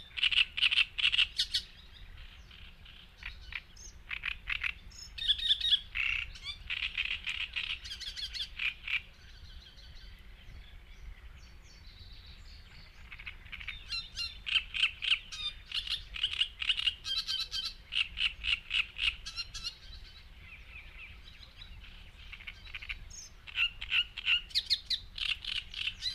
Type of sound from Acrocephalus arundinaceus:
song